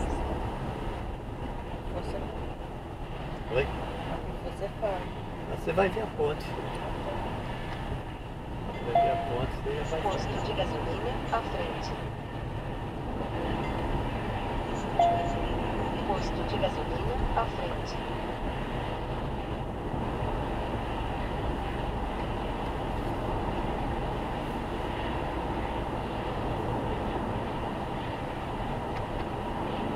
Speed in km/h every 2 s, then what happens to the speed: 79, 80, 79, 80, 82, 86, 89, 87, 86, 87, 88, 89, 90, 89, 88.
0-12 speeds up to 89. 12-30 steady at about 88.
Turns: none.